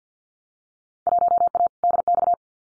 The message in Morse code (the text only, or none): 1A DX